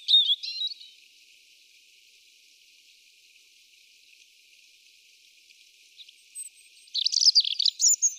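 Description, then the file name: European robin song: a short high warbled phrase opens, a quiet gap follows, then a richer jumble of thin, sliding notes returns near the end. "Erithacus rubecula"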